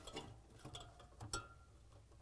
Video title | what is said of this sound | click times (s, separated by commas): Fridge Too Warm & Coils Icing Up? Replace the Temperature Sensor — Samsung (DA32-00006S) | you have to do is put the wire in and then snap it closed | 1.3 s